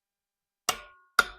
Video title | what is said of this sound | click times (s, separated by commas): Starion Sitrep: Getting the engine and transmission ready | That satisfying click. | 0.7 s, 1.2 s